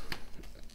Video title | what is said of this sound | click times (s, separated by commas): HifiMan HE400seXY 3D Printed Audiophile Headphones Finale | then slide this up and it should click into place | 0.1 s